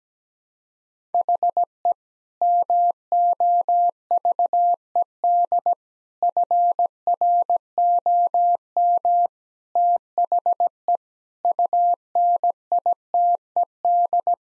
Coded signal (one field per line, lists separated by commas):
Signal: Morse code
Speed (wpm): 17 wpm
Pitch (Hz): 700 Hz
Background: none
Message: HE MOVED FROM THE UNITED